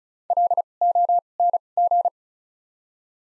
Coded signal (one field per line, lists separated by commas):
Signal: Morse code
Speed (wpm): 34 wpm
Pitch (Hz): 700 Hz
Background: none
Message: L O N G